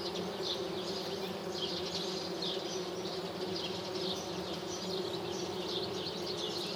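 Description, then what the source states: Bees, flies and hoverflies (mixed) produce an even buzzing drone with rich humming layers throughout the short stretch. Thousands or millions of insects foraging on flowering lime trees, village square, Lesches-en-Diois, France, 1 July 2018, 6:55 am, no wind, 18-20 °C, after dawn chorus, two MKH 8020 microphones, Nagra Seven.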